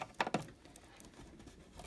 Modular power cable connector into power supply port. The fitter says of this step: Simple. Come on, there you go, just clicks into place.